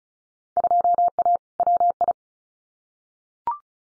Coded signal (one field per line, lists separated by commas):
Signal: Morse code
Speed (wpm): 36 wpm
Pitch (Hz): 700 Hz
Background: none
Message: 2A WI